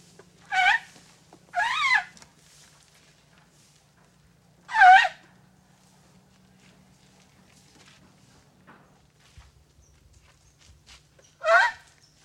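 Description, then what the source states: Asian elephant calls, four short wavering harmonic blasts, two close together at the start, then one near five seconds and one near the end, with quiet gaps between. Recorded in Thailand.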